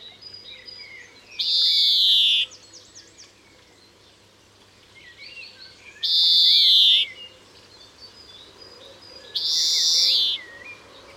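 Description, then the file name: European greenfinch giving drawn-out harsh buzzy wheezes roughly every four seconds, with faint chirps and twittering notes in the pauses. "Chloris chloris"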